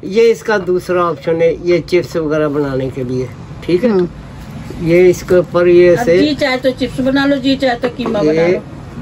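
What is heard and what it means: Someone talks while handling the chips/mincing slicing attachment or lid of a kitchen juicer/food processor, fitting it into the food processor base. Only speech is heard. Nothing has seated or clicked yet.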